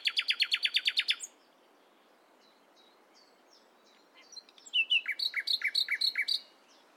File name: Luscinia megarhynchos